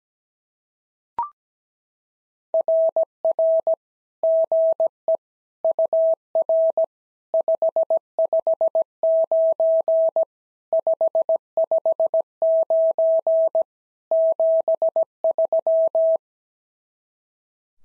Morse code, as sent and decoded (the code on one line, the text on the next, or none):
.-. .-. / --. . / ..- .-. / ..... ..... ----. / ..... ..... ----. / --... ...--
RR GE UR 559 559 73